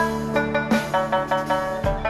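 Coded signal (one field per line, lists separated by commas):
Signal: none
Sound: music notes in soundtrack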